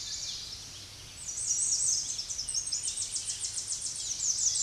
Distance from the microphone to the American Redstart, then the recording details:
about 25 m. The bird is about 15 m above the microphone. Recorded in a Pennsylvania forest on 16 May 2024 at 07:04. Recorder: AudioMoth, point MSD-0230. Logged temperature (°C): 15.3 °C. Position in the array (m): 48 m, 233 m